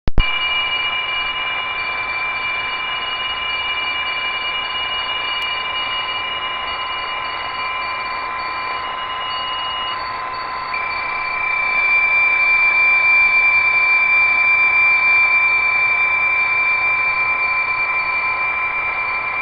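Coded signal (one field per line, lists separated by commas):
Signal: PSK31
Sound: two steady warbling tones, low and high pitched, over shortwave hiss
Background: radio static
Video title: Grundig G5: Psk31 on the Fly via Digipan @ 14.070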